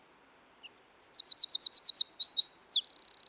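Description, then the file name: Eurasian wren song: a loud, high run of rapid repeated notes, a few sweeping slurs, then a fast buzzy trill at the end. "British Library - European Wren Troglodytes troglodytes"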